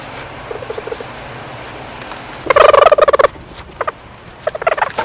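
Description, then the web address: Stoat chattering: a loud, harsh burst of rapid pulsed calls lasting under a second, followed by shorter chattering bursts, with a few soft clicks before. "earth naturelibrary assets s st stoat"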